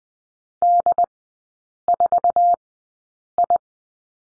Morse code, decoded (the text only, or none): D4I